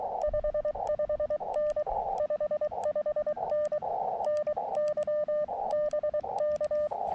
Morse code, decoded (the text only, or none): 55N 55N NY BK